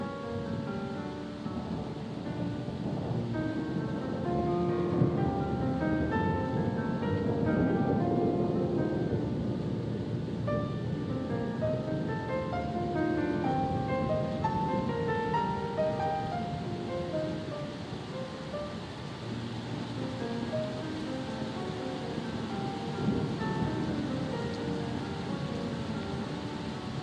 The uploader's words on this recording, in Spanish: Los sonidos tranquilos de una tormenta en el mar, acompañados de música relajante. La armoniosa mezcla de la tormenta y las olas.